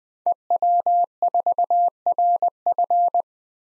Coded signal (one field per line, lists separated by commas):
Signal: Morse code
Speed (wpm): 20 wpm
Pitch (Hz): 700 Hz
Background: none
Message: EW4RF